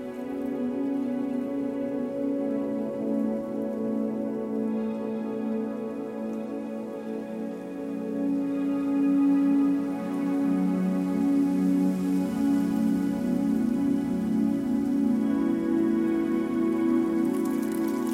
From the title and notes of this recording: Desert Wind. Theres is the sound of wind and leaves in the background behind the music.